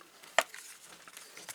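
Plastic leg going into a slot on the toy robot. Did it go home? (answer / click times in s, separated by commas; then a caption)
no / none. A plastic leg is slid into its slot on a combined Transformers Legacy Commander Class Motormaster toy robot. A sharp tap at about 0.4 s is followed by faint scrapes and light taps. The leg slots in but does not click, and nothing has seated or clicked yet.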